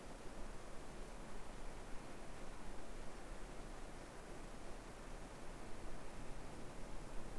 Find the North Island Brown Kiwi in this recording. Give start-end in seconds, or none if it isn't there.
none